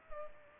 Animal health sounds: mosquito wingbeat signal from an infrared sensor; Culex pipiens

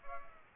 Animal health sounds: mosquito wingbeat signal from an infrared sensor; Aedes aegypti

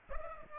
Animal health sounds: mosquito wingbeat signal from an infrared sensor; Aedes aegypti

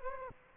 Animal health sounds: mosquito wingbeat signal from an infrared sensor; Aedes aegypti

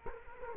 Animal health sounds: mosquito wingbeat signal from an infrared sensor; Culex quinquefasciatus

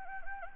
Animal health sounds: mosquito wingbeat signal from an infrared sensor; Anopheles gambiae

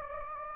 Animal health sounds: mosquito wingbeat signal from an infrared sensor; Anopheles gambiae

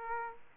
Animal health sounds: mosquito wingbeat signal from an infrared sensor; Aedes aegypti

